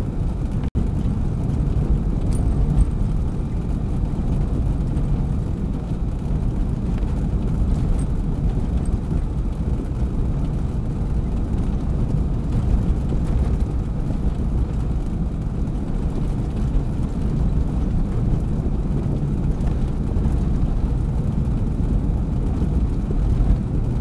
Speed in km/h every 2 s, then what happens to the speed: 60, 60, 61, 62, 63, 63, 64, 64, 64, 64, 64, 64.
0-24 steady at about 63.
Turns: none.